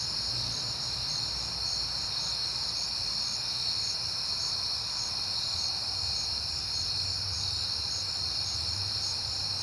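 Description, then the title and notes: Crickets chirp in a dense, steady high chorus with a faint pulsing trill above it, over a low rumble. Crickets on a peaceful night in September. "Night Time: Crickets and Passing Cars. It is September and I have been hearing the crickets a lot, but finally had a peaceful night to make the recording"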